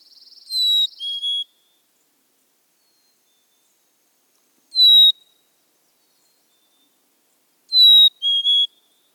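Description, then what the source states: Black-capped Chickadee song: clear whistled two-note fee-bee, the second note slightly lower, given twice with a lone high whistle between, in silence. Song, played as a recorded example.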